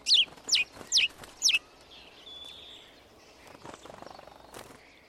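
House sparrow chirps: four loud, sharp chirps in quick succession, then only faint background sounds.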